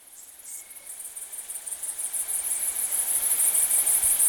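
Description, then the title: Bush-cricket song that swells from faint to loud, a rapid high buzzy pulsing, with a thin lower cricket trill in the background. Saignon, Vaucluse, September 2000; Italian tree crickets also singing. "Sylvain Jaskowiak - Animus. Grandes sauterelles vertes, grillons d'Italie et decticelles - Saignon, Vaucluse - septembre 2000"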